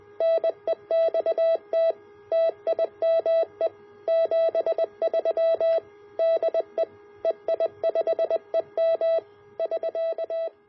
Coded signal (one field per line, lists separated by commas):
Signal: Morse code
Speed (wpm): 20 wpm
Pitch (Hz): 660 Hz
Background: none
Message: NEXT TIME 73 DE EI5EM <SK>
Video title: A Regulated Voltage Rechargeable Battery Power Source for Portable QRP Operation